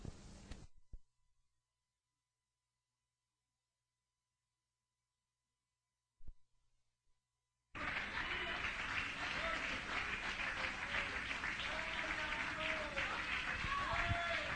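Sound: audience applause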